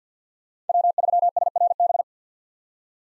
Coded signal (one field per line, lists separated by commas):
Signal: Morse code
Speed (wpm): 50 wpm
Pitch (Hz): 700 Hz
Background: none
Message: W3SRB